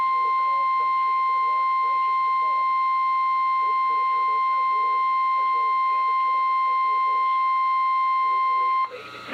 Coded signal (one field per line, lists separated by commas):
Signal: Emergency Alert System (SAME) tones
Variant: 1050 Hz attention tone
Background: speech